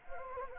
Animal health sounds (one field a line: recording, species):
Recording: mosquito wingbeat signal from an infrared sensor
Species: Anopheles gambiae